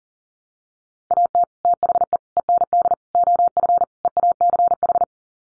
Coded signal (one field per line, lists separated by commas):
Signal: Morse code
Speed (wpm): 40 wpm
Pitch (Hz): 700 Hz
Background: none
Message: AT THE END OF EACH